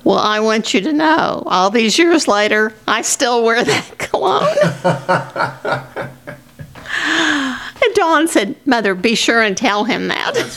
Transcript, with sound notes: Well, I want you to know, all these years later, I still wear that cologne. (Laughing) And Dawn said, "Mother, be sure and tell him that."